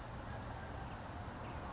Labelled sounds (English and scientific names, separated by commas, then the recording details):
Western Flycatcher (Empidonax difficilis)
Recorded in Sonoma County, California